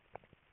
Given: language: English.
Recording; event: throat vibration sensor signal played as sound; swallow